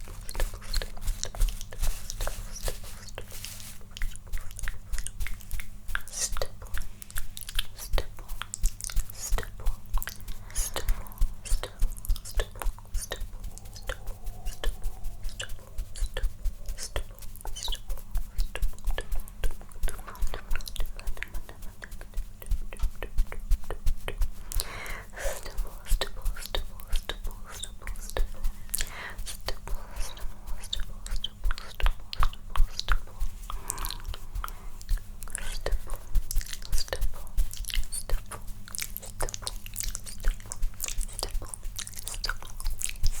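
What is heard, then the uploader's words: Rapid, dense mouth sounds and tongue clicks stipple continuously over a steady low hum, crisp bright ticks layered and overlapping throughout. Layered Sounds Stipple (Mouth Sounds, Tongue Clicking).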